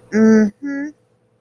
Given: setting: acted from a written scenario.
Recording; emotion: vocal sound without words; contempt